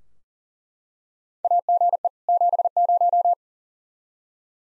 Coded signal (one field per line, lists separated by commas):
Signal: Morse code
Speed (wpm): 40 wpm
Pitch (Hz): 700 Hz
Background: none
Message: AGE 70